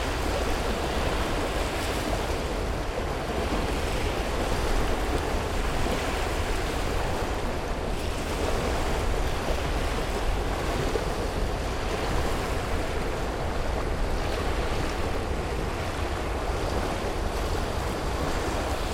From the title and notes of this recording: Yangtze. Chong Ming Dao is a beautiful island about 1 hour from downtown Shanghai. The sound recordings are recorded throughout Chongming island over the course of one year and was recorded with reel to reel tape or cassette.